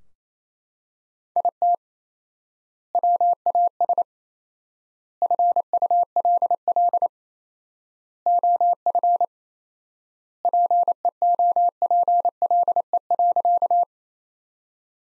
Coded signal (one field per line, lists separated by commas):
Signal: Morse code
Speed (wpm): 28 wpm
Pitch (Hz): 700 Hz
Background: none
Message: IT WAS FULL OF PEOPLE.